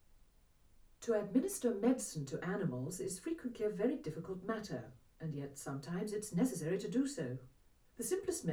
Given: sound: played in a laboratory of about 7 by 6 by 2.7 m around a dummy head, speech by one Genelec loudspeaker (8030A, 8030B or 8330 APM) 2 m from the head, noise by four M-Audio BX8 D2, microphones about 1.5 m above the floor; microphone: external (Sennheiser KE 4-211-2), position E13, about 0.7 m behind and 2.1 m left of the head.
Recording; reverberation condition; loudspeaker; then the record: female speech in English; low; 60 degrees to the right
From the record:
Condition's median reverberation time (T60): about 310 ms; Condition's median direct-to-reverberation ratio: about 3.5 dB